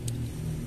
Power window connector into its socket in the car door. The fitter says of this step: Ntar ya kalau sama kamera itu Kadang benar-benar sulit Nah ini kan bunyi klik setelah itu